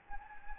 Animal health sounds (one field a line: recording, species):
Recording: mosquito wingbeat signal from an infrared sensor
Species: Anopheles gambiae